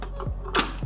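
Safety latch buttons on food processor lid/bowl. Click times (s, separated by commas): 0.0 s, 0.2 s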